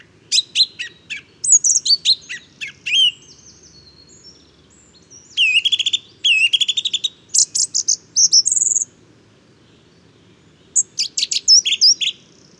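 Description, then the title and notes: Song thrush song with phrases of sharp notes repeated several times each, a pause in the middle, then more rapid repeated figures. Inventive, varied male singing just after daybreak, 12 February 2019, Bois de Château Serein; Nagra Seven recorder with Telinga Pro7. "Première mélodie de printemps. 12 février 2019-Bois de chateau serein. Grive musicienne (Turdus philomelos). Troglodyte mignon (Troglodytes troglodytes)"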